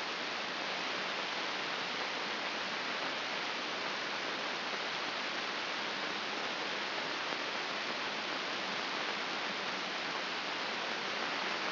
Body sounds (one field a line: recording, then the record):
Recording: brain microelectrode recording played as sound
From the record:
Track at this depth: outside the subthalamic nucleus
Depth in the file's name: 6.215 mm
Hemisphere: left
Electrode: 2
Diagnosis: Parkinson's disease